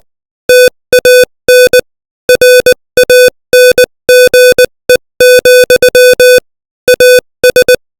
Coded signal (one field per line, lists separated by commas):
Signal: Morse code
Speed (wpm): 20 wpm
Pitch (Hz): 500 Hz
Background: music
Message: TAN RANGE, AS